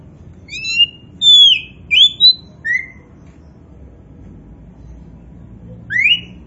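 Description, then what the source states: Oriental magpie-robin giving loud, rich slurred whistles, some rising and some falling. The notes come in a short cluster, then a pause and one final upslurred whistle. Kacer poci (Indonesian name), described as gacor, singing actively and continuously.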